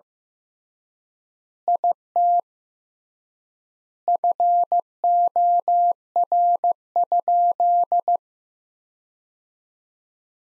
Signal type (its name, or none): Morse code